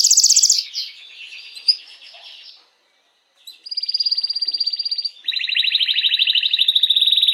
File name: canto do canario belga mosaico